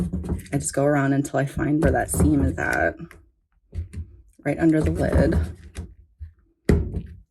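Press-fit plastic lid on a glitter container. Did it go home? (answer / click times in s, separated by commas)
released / 6.7 s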